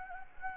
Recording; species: mosquito wingbeat signal from an infrared sensor; Anopheles gambiae